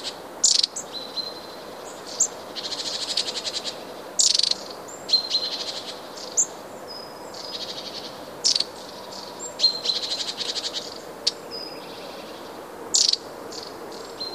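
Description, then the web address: Long-tailed tit calling repeatedly, with dry high rattles and longer buzzy pulsed trills alternating with thin high whistled notes throughout. "wroblowe kolekcja raniuszek"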